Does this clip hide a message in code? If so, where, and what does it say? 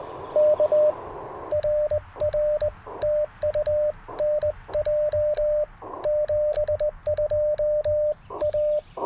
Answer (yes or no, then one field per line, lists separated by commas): yes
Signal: Morse code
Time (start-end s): 0.4-8.8 s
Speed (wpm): 19 wpm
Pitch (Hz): 600 Hz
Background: radio noise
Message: K RR TU NJ 72 A